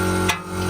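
A screw is tightened on the lower control arm ball joint of a Honda Civic (G8 FN2) as the tapered joint is drawn into the steel steering knuckle during a wishbone lower control arm replacement. Over a steady low hum, a single short, bright pop is heard at 0.3 s. The ball joint has seated in the knuckle.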